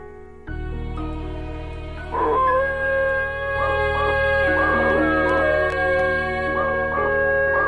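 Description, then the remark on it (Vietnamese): A dog in a forest howls eerily in long, wavering cries that rise and fall in pitch, repeating over a steady low drone that starts abruptly and holds throughout. “Ở trong rừng chỉ còn tiếng của con chó, nó tru lên nghe đến ghê rợn.”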